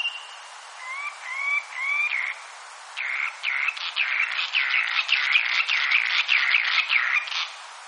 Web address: cantos rompiente